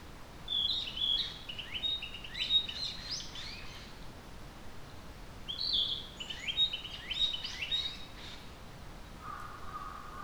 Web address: kotorinomori 220430 kotori no tit alley 20220430